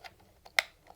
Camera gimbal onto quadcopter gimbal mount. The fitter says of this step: there's the click and then if you can see I'll just take the this